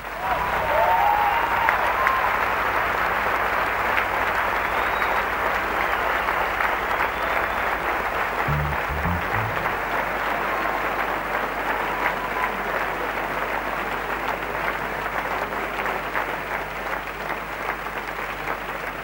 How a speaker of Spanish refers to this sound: Les pido un aplauso para